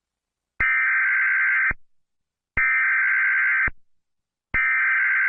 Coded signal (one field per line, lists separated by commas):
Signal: Emergency Alert System (SAME) tones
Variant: header bursts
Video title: Dandy’s world EAS alarm: Ep 2/3